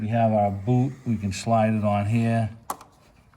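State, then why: Seated. Someone talks while a rubber spark plug wire boot is slid on and pushed down onto the spark plug terminal of a Ford Ranger 4.0 engine. A sharp click at 2.7 seconds shows the boot has seated on the plug, followed by faint ticks.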